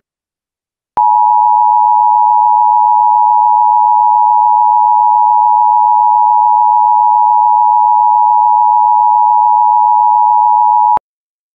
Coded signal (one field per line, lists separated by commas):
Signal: Emergency Alert System (SAME) tones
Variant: 853 and 960 Hz attention tone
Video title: EAS MOCK volcano scenario #1: Yellowstone Volcano